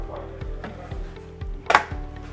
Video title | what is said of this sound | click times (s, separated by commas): Capacitación manejo Ventilador MEK MV2000 EVO 5 | empujar hasta que haga clic y notemos que ya se trabó el seguro | 1.7 s, 1.8 s